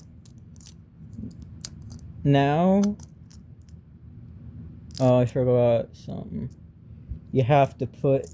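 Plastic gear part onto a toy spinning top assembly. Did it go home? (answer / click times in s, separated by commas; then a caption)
yes / 1.6 s. A plastic gear part of a toy spinning top is pressed onto the assembly, its small nubs lining up, with faint small clicks and handling sounds throughout. A sharp click at 1.7 s marks the gear seating in place. Someone talks afterward.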